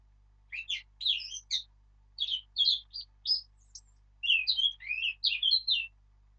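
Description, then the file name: Eurasian blackcap song: three bursts of rapid warbling with scratchy and whistled notes, separated by brief pauses. "Sylvia atricapilla"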